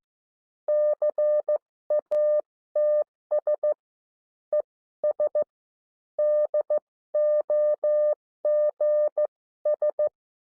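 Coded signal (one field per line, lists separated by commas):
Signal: Morse code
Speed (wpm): 14 wpm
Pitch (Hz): 600 Hz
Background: none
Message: CATS ES DOGS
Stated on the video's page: Recorded instructor training.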